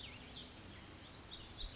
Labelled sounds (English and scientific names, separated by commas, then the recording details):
Black-throated Gray Warbler (Setophaga nigrescens)
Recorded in Sonoma County, California